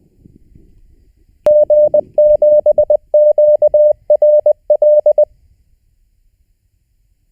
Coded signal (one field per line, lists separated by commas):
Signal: Morse code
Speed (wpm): 20 wpm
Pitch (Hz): 600 Hz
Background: none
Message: G7QRL